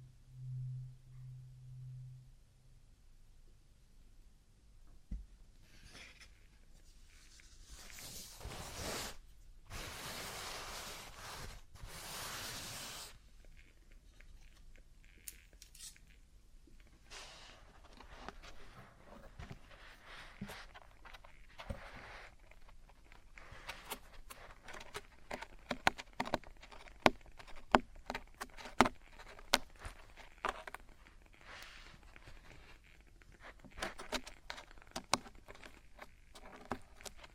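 Traditional Chinese ear cleaning and earwax removal, heard as scraping, rustling and crackling contact sounds. A low hum opens the clip, then loud rough scratching bursts come around 9 to 13 seconds, followed by dense, irregular clicks and sharp crackles that grow busier toward the end.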